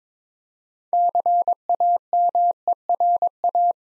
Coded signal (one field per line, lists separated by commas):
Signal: Morse code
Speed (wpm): 22 wpm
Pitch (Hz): 700 Hz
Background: none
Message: CAMERA